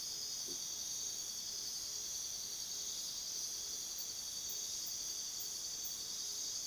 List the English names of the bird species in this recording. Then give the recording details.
none. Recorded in pastures near Puerto Asís, Putumayo, Colombia, on 20 February 2024 at 04:30. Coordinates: 0.497, -76.327. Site G7276